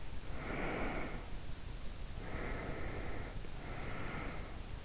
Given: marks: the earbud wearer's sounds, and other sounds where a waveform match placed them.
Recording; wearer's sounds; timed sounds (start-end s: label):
sounds in sleep by an in-ear microphone; breath
0.19-4.85 s: breath